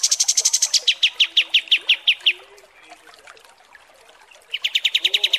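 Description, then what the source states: Kapas tembak trill: a quick high chatter that slows into spaced, sharp chips, a pause, then another rapid burst of repeated notes. Masteran training recording for songbirds, described as luxurious (mewah).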